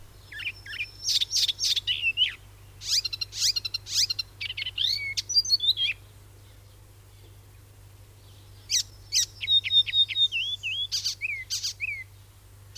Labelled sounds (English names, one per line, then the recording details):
Icterine Warbler song
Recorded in the wild
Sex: male
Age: adult
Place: Schweinfurt, Bayern, DE
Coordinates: 50.0472, 10.2508
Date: 1964-06-05
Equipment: Original, Vollspur
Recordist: Tretzel, Erwin